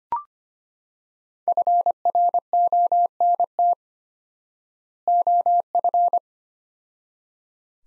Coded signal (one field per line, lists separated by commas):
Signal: Morse code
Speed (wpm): 25 wpm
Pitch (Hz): 700 Hz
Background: none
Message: FRONT OF